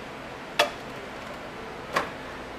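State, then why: Seated. A pump hose on a Maxwell House coffee concentrate can, set on the shelf inside a coffee machine and twisted so the hose sits at the back out of the way of the door, snaps into place with a loud sharp click at 0.6 s. A second, softer sharp tick follows at 2.0 s over a steady low background hiss. The hose is seated.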